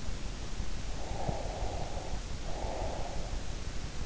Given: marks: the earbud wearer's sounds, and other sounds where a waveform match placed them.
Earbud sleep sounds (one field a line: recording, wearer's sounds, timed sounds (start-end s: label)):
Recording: sounds in sleep by an in-ear microphone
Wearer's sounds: breath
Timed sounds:
1.02-3.44 s: breath